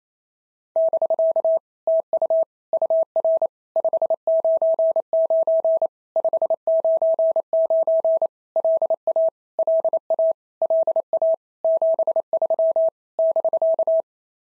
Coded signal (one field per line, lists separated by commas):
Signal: Morse code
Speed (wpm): 28 wpm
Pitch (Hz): 650 Hz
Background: none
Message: <BK> TU UR 599 599 LA LA LA 73 <BK>